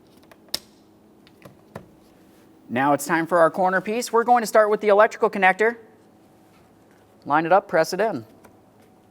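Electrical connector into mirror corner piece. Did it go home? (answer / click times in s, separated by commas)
no / none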